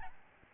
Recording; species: mosquito wingbeat signal from an infrared sensor; Aedes albopictus